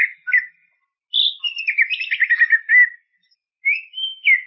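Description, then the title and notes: Greater green leafbird song, rich whistled phrases with a rapid warbling run, a brief silence, then more rising and falling whistles. Champion-quality singing bird. "Kicau Burung Cucak Ijo Juara. Suara kicauan burung cucak ijo"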